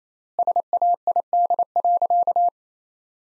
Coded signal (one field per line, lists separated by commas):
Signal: Morse code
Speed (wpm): 28 wpm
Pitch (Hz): 700 Hz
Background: none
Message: SAID.